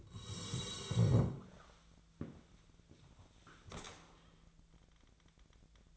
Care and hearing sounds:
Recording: daily activity, microphone in the room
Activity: sit down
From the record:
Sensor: 3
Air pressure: 1000.5 hPa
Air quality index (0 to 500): 171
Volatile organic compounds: 3 ppm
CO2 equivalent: 1490 ppm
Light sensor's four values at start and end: 14/32/14/14 and 14/31/13/14

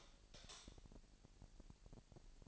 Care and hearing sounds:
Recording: daily activity, microphone in the room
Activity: light off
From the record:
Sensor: 5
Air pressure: 1002.0 hPa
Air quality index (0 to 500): 230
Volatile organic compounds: 32 ppm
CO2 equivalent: 3005 ppm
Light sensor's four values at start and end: 16/38/15/17 and 16/37/15/16

